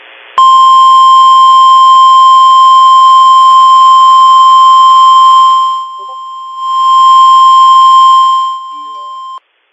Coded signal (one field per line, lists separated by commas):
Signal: Emergency Alert System (SAME) tones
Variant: 1050 Hz attention tone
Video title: Xtreme Mayhem XIII: A Sorta Moderate Mayhem! EAS Alerts From August 7, 2023